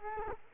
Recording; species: mosquito wingbeat signal from an infrared sensor; Culex quinquefasciatus